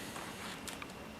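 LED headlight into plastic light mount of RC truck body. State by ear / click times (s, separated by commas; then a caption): not seated / none. An LED headlight is handled at its mounting spot in the plastic light bucket of a Rastar 1:14 scale RC truck body being converted to hobby-grade components. Faint handling and rustling noise is heard with one brief sharp tick near 0.8 s, but nothing has seated or clicked into the holder yet.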